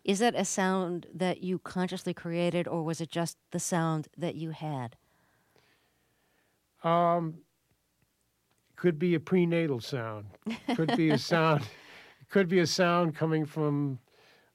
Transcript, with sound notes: Is that a sound that you consciously created, or was it just the sound that you had?
Could be a prenatal sound.
(Laughter).
Could be a sound - could be a sound coming from